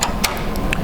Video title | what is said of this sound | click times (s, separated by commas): Invention Studio Embroidery Hardware Training | so you can see that a peg came through over here and a peg came through over here that's how I know it's fully locked in | 0.2 s, 0.7 s